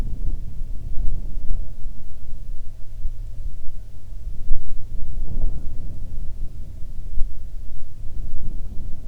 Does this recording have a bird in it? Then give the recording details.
no. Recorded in the Prudhoe Bay oil fields, Alaska, on 7 August 2019 at 14:06. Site 17